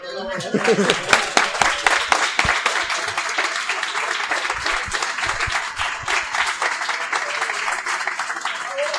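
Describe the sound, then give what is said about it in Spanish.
At a Star Wars Alicante (SWAlicante) book presentation, an audience applauds steadily for the full stretch, a dense wash of many hands clapping at an even, sustained level without pause or buildup. “¿Cómo se aplaude el público?”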